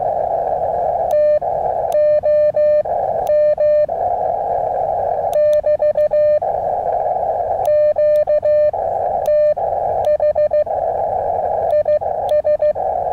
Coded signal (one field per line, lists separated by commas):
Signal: Morse code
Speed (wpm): 15 wpm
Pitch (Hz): 600 Hz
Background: radio noise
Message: TOM <BT> QTH IS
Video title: elecraft QRP ~ park & wire